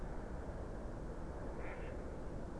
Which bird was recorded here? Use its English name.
Mallard